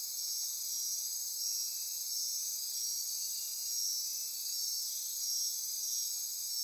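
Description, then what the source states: Insect chorus, many callers merging into a steady shrill, slightly pulsing high drone with gentle swells in loudness. Insect chorus recorded at midnight near Corcovado.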